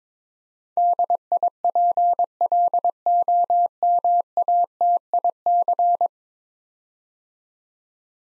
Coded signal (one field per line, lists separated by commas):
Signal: Morse code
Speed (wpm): 23 wpm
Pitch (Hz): 700 Hz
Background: none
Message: DIPLOMATIC